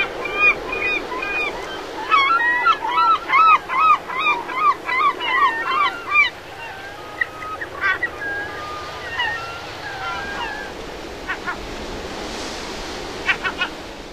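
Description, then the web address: Glaucous gull calling in a rapid series of harsh, repeated notes, then scattered shorter cries. North America. "Songs of Birds of North America Stokes. Glaucous Gull"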